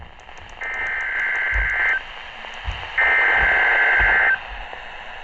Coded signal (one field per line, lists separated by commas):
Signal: Emergency Alert System (SAME) tones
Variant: header bursts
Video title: EAS Alerts